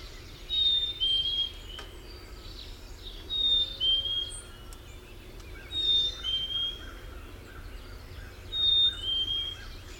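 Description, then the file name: Black-capped Chickadee singing a two-note falling whistle, four phrases spaced roughly two and a half seconds apart, with faint background noise and a brief click. Recorded 13 May 2001; part of a series of 18 songs. "2001-05-13 BCCH 18 songs PW"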